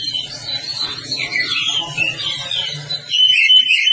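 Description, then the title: Oriental magpie-robin song: varied warbled and whistled phrases over a low hum, ending in a loud, clear whistled flourish. "Kacer"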